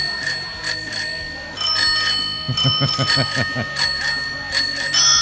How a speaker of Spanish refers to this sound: Este sonido es pa' nota, ¿eh? Este sonido de timbres de bicis es pa' nota, ¿eh?